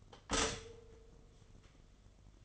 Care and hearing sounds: daily activity, microphone in the room; stop toaster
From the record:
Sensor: 4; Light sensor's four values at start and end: 4/8/3/3 and 4/8/3/3

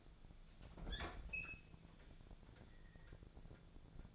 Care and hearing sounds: daily activity, microphone in the room; open fridge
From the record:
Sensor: 5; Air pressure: 1000.2 hPa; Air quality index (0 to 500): 98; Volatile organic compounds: 1 ppm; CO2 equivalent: 798 ppm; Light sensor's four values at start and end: 240/569/244/268 and 244/579/248/273

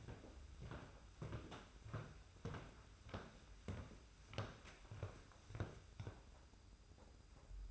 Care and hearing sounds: daily activity, microphone in the room; walk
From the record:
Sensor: 2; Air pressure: 991.5 hPa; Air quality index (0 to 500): 187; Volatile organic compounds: 1000 ppm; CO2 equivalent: 6094 ppm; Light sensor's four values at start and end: 30/93/36/34 and 29/87/34/32

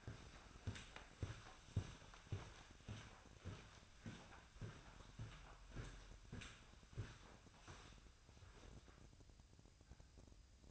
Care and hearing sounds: daily activity, microphone in the room; walk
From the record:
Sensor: 2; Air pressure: 1009.2 hPa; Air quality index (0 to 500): 178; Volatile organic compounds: 2 ppm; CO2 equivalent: 1300 ppm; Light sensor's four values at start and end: 48/126/54/60 and 47/123/53/58

